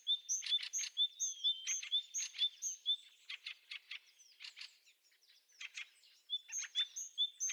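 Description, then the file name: Great tit calling with sharp high pinging notes at a quick steady pace, mixed with rasping buzzy churrs in the middle. "Parus major"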